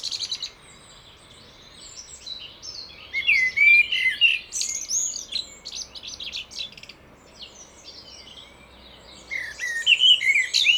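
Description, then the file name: Common blackbird with a phrase of slurred fluting whistles and squeaky twitters, a quiet gap, then another phrase near the end. "Turdus merula"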